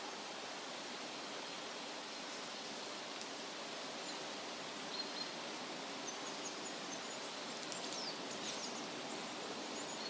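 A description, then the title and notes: A forest ambience made of a dense, steady hiss that stays even from start to finish, like wind or running water through trees. Faint, bright chirps of small birds flicker high above it, especially around five seconds and again near eight. Forest Sounds, Woodland Ambience.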